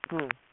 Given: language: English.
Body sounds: throat vibration sensor signal played as sound; speech

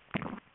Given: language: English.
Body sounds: throat vibration sensor signal played as sound; swallow

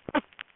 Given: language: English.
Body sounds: throat vibration sensor signal played as sound; cough

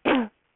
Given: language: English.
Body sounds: throat vibration sensor signal played as sound; cough

